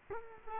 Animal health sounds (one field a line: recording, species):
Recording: mosquito wingbeat signal from an infrared sensor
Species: Culex quinquefasciatus